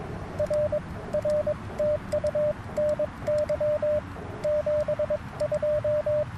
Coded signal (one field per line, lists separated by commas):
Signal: Morse code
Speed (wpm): 22 wpm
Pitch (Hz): 600 Hz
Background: radio noise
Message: R R TU NY 72